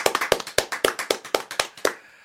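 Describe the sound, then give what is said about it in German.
Short burst of audience applause at the end of a show on Pi-Radio 88.4 MHz, the Chaos Computer Club congress radio at Funkhaus Prenzlauer Berg. Distinct, crisp handclaps in a quick, fairly steady rhythm, rather loud, stopping abruptly after about two seconds with no voices. “Die Show ist vorbei. Nochmal Applaus, yeah,”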